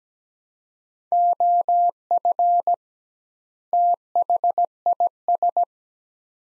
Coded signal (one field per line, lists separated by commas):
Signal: Morse code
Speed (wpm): 17 wpm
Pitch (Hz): 700 Hz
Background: none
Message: OF THIS